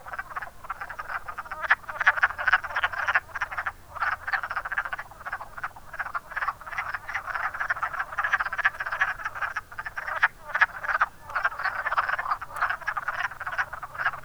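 Wood frog chorus: a continuous mass of rasping clucking croaks from many frogs, rising and falling slightly in intensity.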